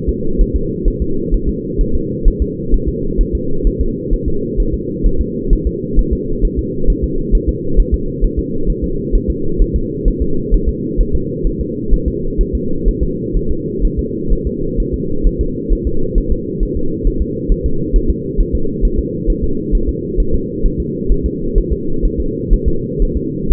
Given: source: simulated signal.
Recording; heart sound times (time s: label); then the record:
fetal heart sounds
0.09 s: S2
0.41 s: S1
0.56 s: S2
0.88 s: S1
1.02 s: S2
1.34 s: S1
1.49 s: S2
1.81 s: S1
1.95 s: S2
2.28 s: S1
2.42 s: S2
2.74 s: S1
2.89 s: S2
3.21 s: S1
3.35 s: S2
3.67 s: S1
3.81 s: S2
4.14 s: S1
4.28 s: S2
4.60 s: S1
4.74 s: S2
5.06 s: S1
5.21 s: S2
5.53 s: S1
5.67 s: S2
5.99 s: S1
6.13 s: S2
6.45 s: S1
6.59 s: S2
6.90 s: S1
7.04 s: S2
7.35 s: S1
7.49 s: S2
7.80 s: S1
7.94 s: S2
8.24 s: S1
8.39 s: S2
8.70 s: S1
8.84 s: S2
9.15 s: S1
9.30 s: S2
9.62 s: S1
9.76 s: S2
10.08 s: S1
10.22 s: S2
10.54 s: S1
10.69 s: S2
11.01 s: S1
11.15 s: S2
11.47 s: S1
11.61 s: S2
11.94 s: S1
12.08 s: S2
12.41 s: S1
12.55 s: S2
12.89 s: S1
13.03 s: S2
13.37 s: S1
13.51 s: S2
13.85 s: S1
13.99 s: S2
14.33 s: S1
14.47 s: S2
14.80 s: S1
14.94 s: S2
15.27 s: S1
15.41 s: S2
15.73 s: S1
15.87 s: S2
16.18 s: S1
16.32 s: S2
16.63 s: S1
16.77 s: S2
17.07 s: S1
17.22 s: S2
17.52 s: S1
17.66 s: S2
17.96 s: S1
18.10 s: S2
18.41 s: S1
18.55 s: S2
18.85 s: S1
18.99 s: S2
19.30 s: S1
19.44 s: S2
19.75 s: S1
19.89 s: S2
20.20 s: S1
20.34 s: S2
20.66 s: S1
20.80 s: S2
21.12 s: S1
21.26 s: S2
21.58 s: S1
21.73 s: S2
22.05 s: S1
22.20 s: S2
22.53 s: S1
22.68 s: S2
23.02 s: S1
23.17 s: S2
23.52 s: S1
From the record:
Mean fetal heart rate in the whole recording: 130 bpm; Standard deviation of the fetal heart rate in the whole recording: 4 bpm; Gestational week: 38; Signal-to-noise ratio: -8.1 dB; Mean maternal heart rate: 72 bpm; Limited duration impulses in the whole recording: present